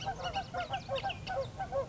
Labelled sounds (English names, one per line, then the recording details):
Bullock's Oriole
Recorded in Sonoma County, California